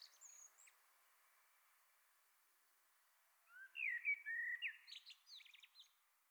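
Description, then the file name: Common blackbird song, faint high notes at the start, then after a pause a mellow whistled phrase ending in a burst of squeaky twittering. "Turdus merula"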